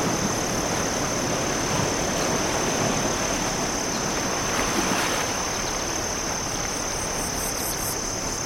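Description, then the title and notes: Crickets chirping in a steady high-pitched continuous trill over loud, constant rushing surf, with a few brief fainter high pulses toward the end. Crickets chirping in dunes near the oceanside, with waves crashing onshore. "Oceanside Ambience. Ocean Waves, Crickets, Seagull Sounds. crickets chirp in nearby dunes"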